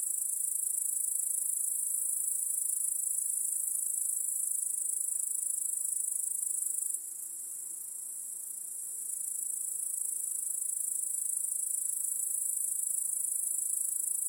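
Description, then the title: Crickets chirping in a dense, continuous high-pitched chorus, with a brief softer stretch in the middle before the trilling swells again. Crickets in a home backyard at night, chorusing as day turns to night. "Crickets in Your Backyard 🏡. Discovering the Sounds of Home"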